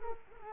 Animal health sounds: mosquito wingbeat signal from an infrared sensor; Culex quinquefasciatus

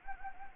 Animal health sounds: mosquito wingbeat signal from an infrared sensor; Anopheles gambiae

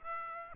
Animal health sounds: mosquito wingbeat signal from an infrared sensor; Aedes aegypti

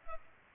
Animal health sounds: mosquito wingbeat signal from an infrared sensor; Culex pipiens

